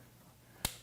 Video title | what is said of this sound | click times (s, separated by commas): Samsung Refrigerator Repair -How to Replace the Electronic Control Board (Samsung Part #DA94-03757A) | you'll hear the little locking tab lock into place as you push them in. | 0.7 s